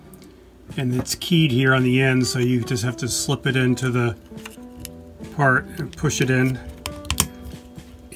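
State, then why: Seated. A keyed RYOBI 18V replacement battery terminal connector is slipped into the end of a 3D-printed plastic battery carrier and pushed in while someone talks over music. It snaps into place with sharp clicks at 7.1 and 7.2 seconds, and the connector is seated.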